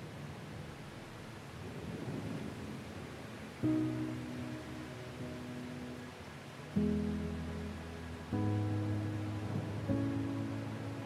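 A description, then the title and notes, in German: Steady rain hiss runs throughout, with a low thunder rumble swelling around the second and third seconds. From about four seconds, soft classical music enters: sustained piano-like chords struck roughly every one and a half to three seconds, each ringing out slowly. GEWITTER und sanfter MUSIK. Klängen von Donner und Regen sowie sanfter klassischer Musik.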